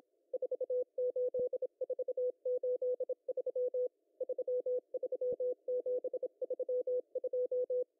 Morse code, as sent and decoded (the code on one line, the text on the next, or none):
....- ---.. ....- ---.. ...-- / ...-- ...-- --... ...-- ..---
48483 33732